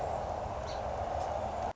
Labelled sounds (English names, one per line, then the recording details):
Song Sparrow
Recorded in Sonoma County, California